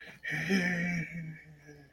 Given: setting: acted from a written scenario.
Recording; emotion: vocal sound without words; pride